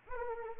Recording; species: mosquito wingbeat signal from an infrared sensor; Anopheles arabiensis